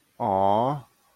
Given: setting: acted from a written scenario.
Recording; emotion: vocal sound without words; adoration